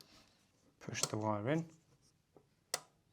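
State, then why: Seated. A battery interconnect cable connector is pushed into the port on a Fogstar modular LiFePO4 battery unit until it locks. Someone talks first, then the connector gives a sharp click at 2.7 s, showing it has seated.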